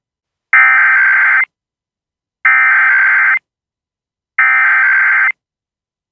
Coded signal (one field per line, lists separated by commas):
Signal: Emergency Alert System (SAME) tones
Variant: header bursts